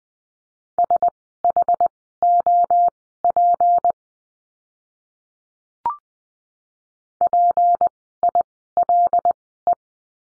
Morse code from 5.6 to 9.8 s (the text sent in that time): PILE